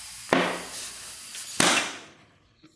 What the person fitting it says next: yeah did you hear it pop